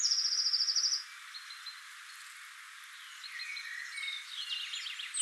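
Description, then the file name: Eurasian blue tit calling with one sustained high whistled note, then softer scattered notes and a quick buzzy run of descending notes near the end. "Cyanistes caeruleus"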